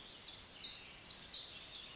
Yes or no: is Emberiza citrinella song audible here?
no